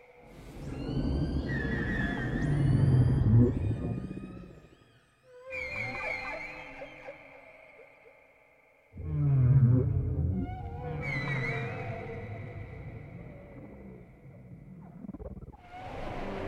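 Whale calls rise and fall in long, sliding moans and whistles, with high squeals and low rumbling groans layered together. A loud, deep surge fills the first four seconds, quiets briefly near five, then swells again around nine before easing toward the end.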